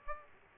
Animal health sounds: mosquito wingbeat signal from an infrared sensor; Aedes aegypti

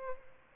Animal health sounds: mosquito wingbeat signal from an infrared sensor; Aedes albopictus

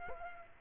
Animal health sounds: mosquito wingbeat signal from an infrared sensor; Culex quinquefasciatus

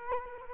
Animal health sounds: mosquito wingbeat signal from an infrared sensor; Culex quinquefasciatus

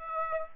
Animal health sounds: mosquito wingbeat signal from an infrared sensor; Aedes aegypti

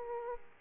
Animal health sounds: mosquito wingbeat signal from an infrared sensor; Aedes aegypti

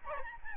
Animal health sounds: mosquito wingbeat signal from an infrared sensor; Aedes albopictus

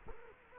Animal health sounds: mosquito wingbeat signal from an infrared sensor; Culex quinquefasciatus

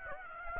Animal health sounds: mosquito wingbeat signal from an infrared sensor; Aedes aegypti

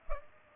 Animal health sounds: mosquito wingbeat signal from an infrared sensor; Culex pipiens

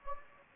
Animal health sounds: mosquito wingbeat signal from an infrared sensor; Anopheles gambiae

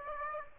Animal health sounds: mosquito wingbeat signal from an infrared sensor; Aedes aegypti

